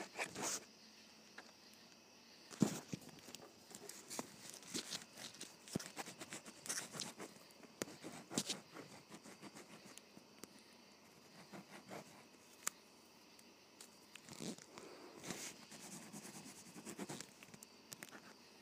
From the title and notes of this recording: ASMR Writing with a Ballpoint Pen.